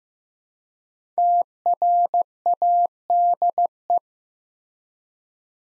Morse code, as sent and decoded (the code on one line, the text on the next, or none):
- .-. .- -.. .
TRADE